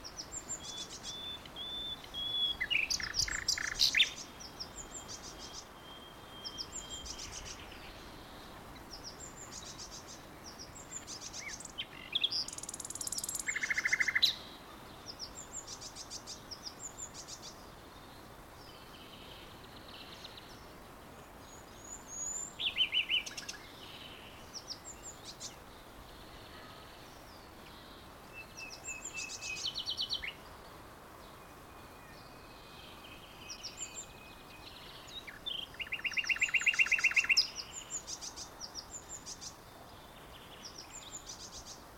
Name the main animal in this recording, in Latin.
Luscinia megarhynchos